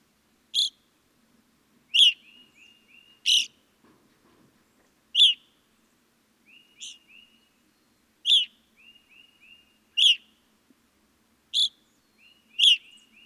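Evening grosbeak, repeated piercing chirps at irregular intervals, interspersed with softer series of short burry notes.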